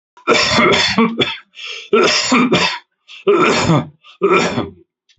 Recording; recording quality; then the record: shallow voluntary cough; excellent, no background noise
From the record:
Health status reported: COVID-19 positive, mild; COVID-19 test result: positive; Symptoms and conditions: cough, breathing difficulty, sore throat, fever, loss of smell and taste, pneumonia, diabetes, ischaemic heart disease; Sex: male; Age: 62 years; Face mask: not worn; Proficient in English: yes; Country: India